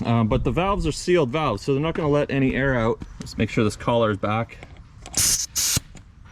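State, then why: Seated. Someone talks, then an air hose quick-connect coupling is pushed onto a sealed tire valve fitting with its sliding collar held back. Short broadband hiss bursts are heard as the collar is released, and the coupling clicks and locks in place at 5.1 s and 6.0 s with no air leaking.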